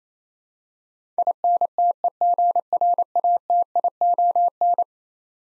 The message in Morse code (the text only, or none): INTEGRATION